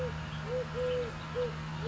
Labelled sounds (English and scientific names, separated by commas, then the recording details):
Eurasian Collared Dove (Streptopelia decaocto)
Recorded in Sonoma County, California